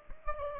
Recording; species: mosquito wingbeat signal from an infrared sensor; Aedes aegypti